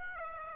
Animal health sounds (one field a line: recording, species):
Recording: mosquito wingbeat signal from an infrared sensor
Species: Aedes aegypti